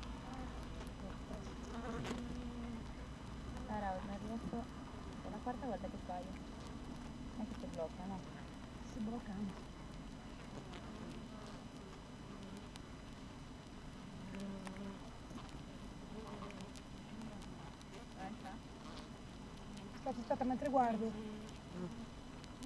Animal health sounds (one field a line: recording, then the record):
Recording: honeybee colony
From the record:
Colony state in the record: active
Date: 12 June 2018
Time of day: 7:50